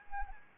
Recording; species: mosquito wingbeat signal from an infrared sensor; Anopheles arabiensis